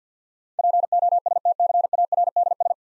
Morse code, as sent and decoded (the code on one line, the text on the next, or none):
.--. --- ... - -.-. .- .-. -.. ...
POSTCARDS